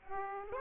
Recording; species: mosquito wingbeat signal from an infrared sensor; Aedes aegypti